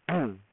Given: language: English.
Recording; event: throat vibration sensor signal played as sound; throat clearing